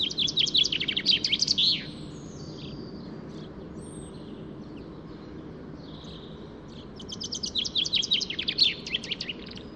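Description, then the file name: Common chaffinch song: a quick descending rattle of notes ending in a flourish, then after a pause a second similar phrase, with faint rumble beneath. "Fringilla coelebs"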